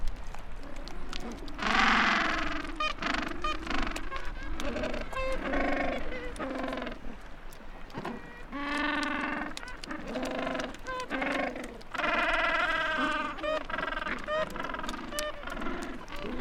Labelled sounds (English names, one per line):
Gentoo Penguin call